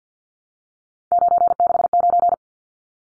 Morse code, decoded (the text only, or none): 969